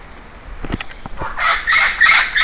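Bird: several sharp knocks or clicks come first, then a bird breaks into a continuous stretch of harsh, raspy calling.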